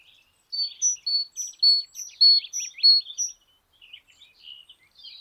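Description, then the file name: Great tit calling in a brisk run of sharp high notes, about two per second, overlaid with buzzy scratchy rattles, fading into softer chatter near the end. "Parus major"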